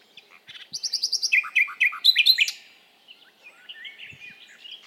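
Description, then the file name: Common nightingale song: a fast run of repeated chirps, then rich rapid phrases, then quieter whistled notes. "Luscinia megarhynchos"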